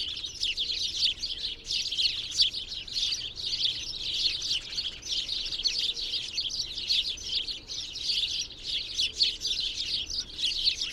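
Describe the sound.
Birds singing as a constant flock-like chatter of high, trilling chirps, rising and falling slightly in loudness.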